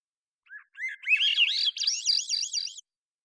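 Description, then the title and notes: Swainson's thrush song: quiet introductory notes, then a flutelike phrase spiralling upward in rapid rolling loops, ending high, on a silent background. Single male singing at natural pace, cleanly processed parabolic recording, Pacific Northwest, Washington, United States. "BIRDSong Thrushes And Allies - Swainson's Thrush. long take of a single male Swainson's Thrush singing, natural pace and rhythm maintained, cleanly processed from parabolic recording Recorded in the beautiful Pacific Northwest, Washington, United States"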